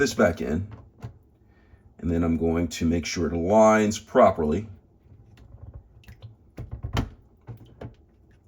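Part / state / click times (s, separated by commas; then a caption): drain filter into dishwasher sump / seated / 7.0 s. Someone talks while a removed drain filter is put back into a dishwasher sump, aligned, and turned until it seats. After a few quieter taps and knocks, the loudest hit comes at 7.0 s as the filter locks into place, sealed and properly aligned.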